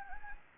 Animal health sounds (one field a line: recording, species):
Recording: mosquito wingbeat signal from an infrared sensor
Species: Anopheles gambiae